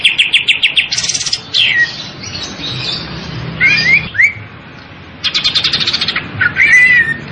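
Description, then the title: Greater green leafbird singing loud varied phrases: rapid repeated chips, slurred whistles sweeping down, and fast buzzy rattles, with brief pauses between bursts. Singing continuously (gacor). "Cucak Ijo Gacor"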